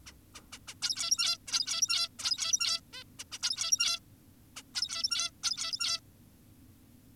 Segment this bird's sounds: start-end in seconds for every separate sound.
0.06-0.13, 0.35-0.41, 0.52-0.58, 0.68-0.74, 0.82-1.38, 1.47-2.08, 2.19-2.81, 2.93-3.04, 3.19-3.24, 3.32-3.38, 3.43-4.00, 4.56-4.62, 4.75-5.31, 5.44-6.00